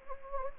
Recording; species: mosquito wingbeat signal from an infrared sensor; Anopheles gambiae